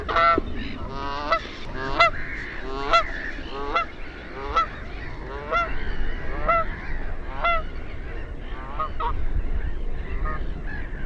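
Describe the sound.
Bird honking calls: loud, nasal goose-like honks repeated roughly every second, some overlapping, over a rough low background rumble.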